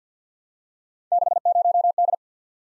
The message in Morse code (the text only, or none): 60D